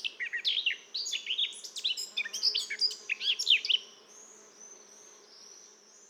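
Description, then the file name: Eurasian blackcap delivering a busy, chattering warble of mixed scratchy and whistled notes for about four seconds, then fading to quiet background. "Sylvia atricapilla"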